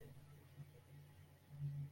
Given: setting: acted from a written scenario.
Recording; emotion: vocal sound without words; realization